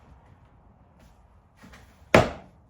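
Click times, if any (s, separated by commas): 2.2 s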